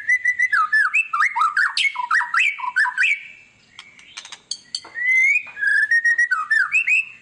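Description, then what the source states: White-rumped shama song: continuous varied whistled phrases, swooping up and down with rapid clicks, a brief softer gap, then more fluty whistles. Lure song of an actively singing ('gacor') murai batu, played to make other birds respond.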